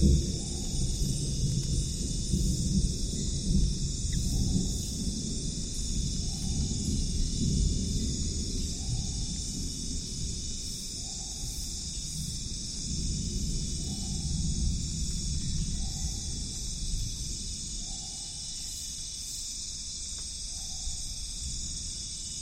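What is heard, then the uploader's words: Deep thunder rumbles steadily and slowly fades in a rainforest, under a constant high insect drone and a short call repeating every two seconds. Massive thunderstorm approaching in the Amazon rainforest. A thunderstorm of epic proportions on the horizon in the Amazon rainforest.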